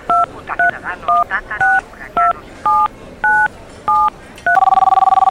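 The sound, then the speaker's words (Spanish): A telephone keypad dials about nine short two-tone beeps in an uneven rhythm, each clear and fairly loud, followed by a steady buzzing ringing tone as the call connects. “Lo voy a intentar otra vez.”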